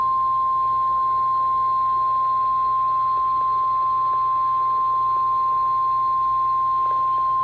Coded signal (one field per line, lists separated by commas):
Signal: Emergency Alert System (SAME) tones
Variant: 1050 Hz attention tone